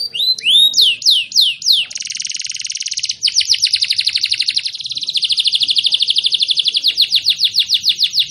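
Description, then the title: Canary song opening with separate swooping whistles, then shifting into long, dense rapid trills of falling notes that slow slightly near the end. Canary (kenari) whose song is described as gacor, ngotot and a long roll (roll panjang), meant to make other canaries answer right away (langsung nyaut). "LANGSUNG NYAUT GACOR DOR Kenari Manasaja, Dengan Kicau Kenari GACOR NGOTOT ROLL PANJANG"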